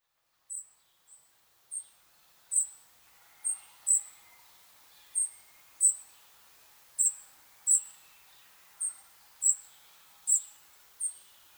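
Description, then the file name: European robin calls: thin, very high, sharp notes repeated about once a second. "Erithacus rubecula"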